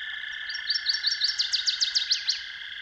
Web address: Dan Gibson's Solitudes Songbirds. Northern Waterthrush